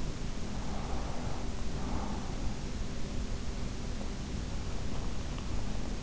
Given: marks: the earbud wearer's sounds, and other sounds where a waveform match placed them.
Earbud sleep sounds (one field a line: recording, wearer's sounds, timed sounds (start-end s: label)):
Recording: sounds in sleep by an in-ear microphone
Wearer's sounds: breath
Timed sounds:
0.52-2.42 s: breath